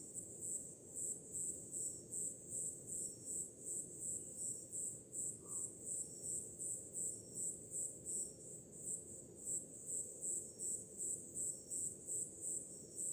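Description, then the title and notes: Crickets give a regular string of high pulsed chirps, close to three each second, while a soft low ocean rumble runs throughout. Crickets heard on a summer night, with ocean waves in the background. "Som do mar ao fundo, grilos e cigarras em uma noite de verão – Ocean, crickets and cicadas in a summer night"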